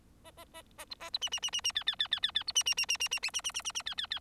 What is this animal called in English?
Bengalese Finch